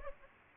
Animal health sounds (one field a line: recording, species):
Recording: mosquito wingbeat signal from an infrared sensor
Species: Aedes aegypti